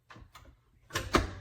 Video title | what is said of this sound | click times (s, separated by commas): Review Hurom H400 Cold Press Juicer Machine, Award Winning Masticating Slow Juicer, Easy to Clean, S | Pop the top, and as you push it down, it does lock into place, which is what that lip is there for. | 1.0 s, 1.2 s